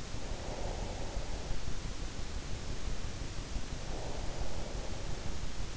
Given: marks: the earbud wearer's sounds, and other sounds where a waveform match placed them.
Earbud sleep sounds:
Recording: sounds in sleep by an in-ear microphone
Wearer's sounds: breath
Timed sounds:
0.00-1.84 s: breath
3.81-5.59 s: breath

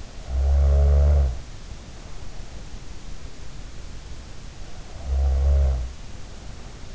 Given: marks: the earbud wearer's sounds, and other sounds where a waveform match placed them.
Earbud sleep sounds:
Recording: sounds in sleep by an in-ear microphone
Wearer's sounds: snoring breath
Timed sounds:
0.08-2.54 s: snoring breath
4.84-6.95 s: snoring breath

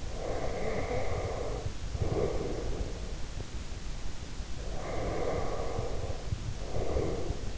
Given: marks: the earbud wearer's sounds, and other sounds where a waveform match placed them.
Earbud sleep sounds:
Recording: sounds in sleep by an in-ear microphone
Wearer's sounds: breath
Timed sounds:
0.18-2.97 s: breath
4.66-7.58 s: breath

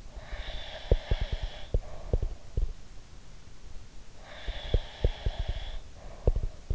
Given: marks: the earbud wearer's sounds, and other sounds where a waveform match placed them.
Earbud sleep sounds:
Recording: sounds in sleep by an in-ear microphone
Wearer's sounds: breath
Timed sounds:
0.09-2.78 s: breath
0.80-2.77 s: sound from someone else or the room
4.12-6.75 s: breath
4.47-6.75 s: sound from someone else or the room

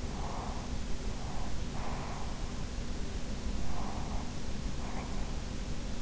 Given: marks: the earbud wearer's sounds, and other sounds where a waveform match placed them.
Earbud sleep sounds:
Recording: sounds in sleep by an in-ear microphone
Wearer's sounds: breath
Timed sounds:
0.08-2.37 s: breath
3.66-5.25 s: breath

